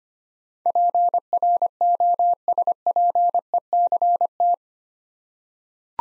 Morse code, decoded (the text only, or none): PROSPECT